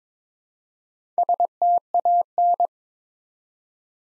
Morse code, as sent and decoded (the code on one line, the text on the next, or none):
... - .- -.
STAN